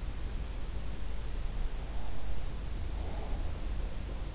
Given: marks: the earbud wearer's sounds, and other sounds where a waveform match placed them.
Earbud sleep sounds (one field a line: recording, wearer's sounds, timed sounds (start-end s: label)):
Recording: sounds in sleep by an in-ear microphone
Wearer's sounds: breath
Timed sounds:
1.56-3.27 s: breath